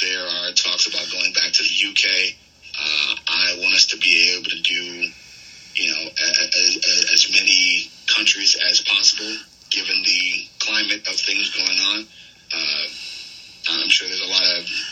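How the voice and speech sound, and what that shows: Adult male speech in an interview with repeated syllables, drawn-out sounds and hard glottal starts: moderate stuttering disfluency in a speaker who has a stutter, which goes away when he cuts promos.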